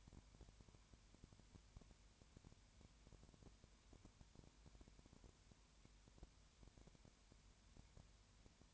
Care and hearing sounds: daily activity, microphone in the room; no activity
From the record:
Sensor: 2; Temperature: 20.3 degrees Celsius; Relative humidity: 33.8%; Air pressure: 1003.1 hPa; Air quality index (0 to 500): 82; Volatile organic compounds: 1 ppm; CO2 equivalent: 786 ppm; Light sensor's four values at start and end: 2/3/2/2 and 2/3/2/2

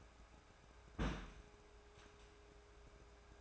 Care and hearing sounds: daily activity, microphone in the room; place on stove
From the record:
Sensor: 2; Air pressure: 1010.2 hPa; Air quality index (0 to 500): 161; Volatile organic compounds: 7 ppm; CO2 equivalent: 2017 ppm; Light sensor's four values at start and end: 41/99/44/50 and 41/99/44/50

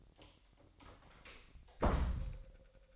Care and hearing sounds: daily activity, microphone in the room; close door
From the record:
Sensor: 3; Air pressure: 1007.1 hPa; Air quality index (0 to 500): 205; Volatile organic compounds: 18 ppm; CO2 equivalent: 2626 ppm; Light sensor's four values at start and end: 12/27/11/11 and 11/27/11/11

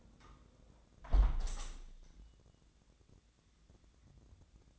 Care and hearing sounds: daily activity, microphone in the room; close window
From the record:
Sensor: 3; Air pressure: 1012.2 hPa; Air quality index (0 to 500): 134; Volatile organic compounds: 2 ppm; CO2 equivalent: 1045 ppm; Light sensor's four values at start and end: 165/398/162/149 and 168/405/164/151

